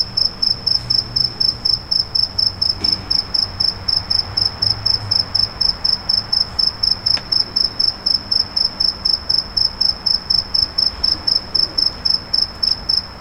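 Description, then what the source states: Cricket calling with rapid, evenly spaced high-pitched chirps over a soft low background hum and a couple of faint clicks. A single cricket.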